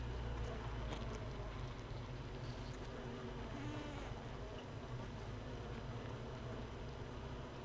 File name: Hive 1 31 05 2018 NO Queen Bee H 1